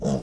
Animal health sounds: pig call; piglet (1 to 25 days)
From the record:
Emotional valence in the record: negative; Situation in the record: long isolation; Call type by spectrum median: low-frequency call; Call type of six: low-frequency stable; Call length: 0.23 s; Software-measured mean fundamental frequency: 52 Hz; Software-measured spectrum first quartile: 183 Hz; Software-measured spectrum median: 339 Hz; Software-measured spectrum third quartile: 687 Hz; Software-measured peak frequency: 194 Hz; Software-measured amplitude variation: 109 dB a second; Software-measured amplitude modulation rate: 10.7 a second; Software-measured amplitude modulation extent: 10.2 dB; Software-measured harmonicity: 2.8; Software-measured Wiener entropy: -0.67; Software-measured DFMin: 1033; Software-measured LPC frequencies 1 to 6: 570, 3329, 5033, 5558, 6106, 6957 Hz

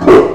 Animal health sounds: pig call; growing-finishing pig (85 days or more)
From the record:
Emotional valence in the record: positive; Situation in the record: run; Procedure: transit

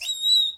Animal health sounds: pig call; piglet (1 to 25 days)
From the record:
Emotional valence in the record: negative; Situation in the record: restrain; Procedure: sham castration, cut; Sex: male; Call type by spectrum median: high-frequency call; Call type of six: high-frequency stable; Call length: 0.58 s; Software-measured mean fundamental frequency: 148 Hz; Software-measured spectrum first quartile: 3837 Hz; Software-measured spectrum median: 3955 Hz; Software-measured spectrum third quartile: 5018 Hz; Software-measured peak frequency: 3925 Hz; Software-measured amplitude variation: 145 dB a second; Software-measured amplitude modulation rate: 19.0 a second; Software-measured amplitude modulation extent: 7.6 dB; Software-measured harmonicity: 27.0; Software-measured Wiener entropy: -6.73

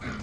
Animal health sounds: pig call; growing-finishing pig (85 days or more)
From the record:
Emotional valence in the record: positive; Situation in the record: run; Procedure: transit

